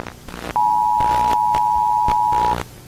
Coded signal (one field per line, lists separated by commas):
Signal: Emergency Alert System (SAME) tones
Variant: 853 and 960 Hz attention tone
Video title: 連邦生徒会 (GENERAL STUDENT COUNCIL) EAS Scenario 「Mysterious Character」 前編 #ブルーアーカイブ #easscenario